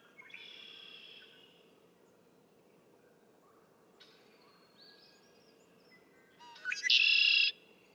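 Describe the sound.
Red-winged blackbird songs: a softer buzzy phrase opens, scattered quiet notes follow, then a loud conk-la-ree with a harsh, ringing trill near the end.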